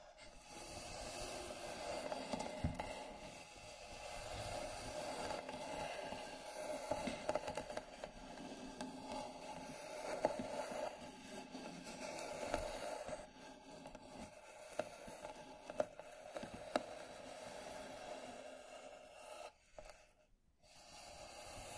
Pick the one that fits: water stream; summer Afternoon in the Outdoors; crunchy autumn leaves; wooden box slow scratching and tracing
wooden box slow scratching and tracing